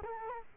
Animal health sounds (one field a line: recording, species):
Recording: mosquito wingbeat signal from an infrared sensor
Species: Culex quinquefasciatus